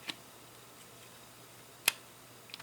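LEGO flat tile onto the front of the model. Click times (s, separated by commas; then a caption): 1.9 s. A plastic LEGO flat tile is fitted onto the front of a LEGO Creator Expert Transformers Optimus Prime 10302 build. A faint tick comes at 0.1 s, then a loud, sharp click at 1.9 s as the tile snaps into place, followed by two softer ticks around 2.5 s. The tile is seated.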